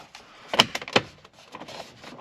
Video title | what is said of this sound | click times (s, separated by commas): GTO steering wheel upgrade. So much better!!! | All snapped back in. | 0.6 s, 1.0 s